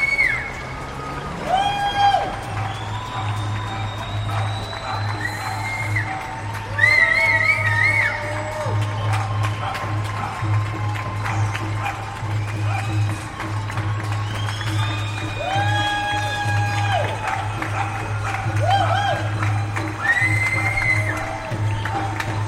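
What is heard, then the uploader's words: New Yorkers cheer essential workers from their windows, a steady wash of clapping and whooping across the whole stretch. Bright whistles and shouted calls rise over it every few seconds, louder around seven and fifteen seconds, while a low constant hum runs underneath. Recording of New Yorkers at their windows cheering essential workers at 7pm. Washington Heights, Cabrini Blvd and 190th Street.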